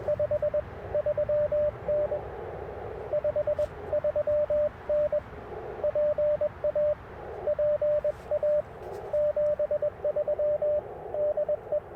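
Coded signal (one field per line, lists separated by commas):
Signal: Morse code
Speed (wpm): 21 wpm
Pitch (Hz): 600 Hz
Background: radio noise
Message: 53N 53N PA PA 73 DE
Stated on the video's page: QRP CW Parks on the Air activation on 30 meters with an Icom IC-705 and PackTenna random wire antenna.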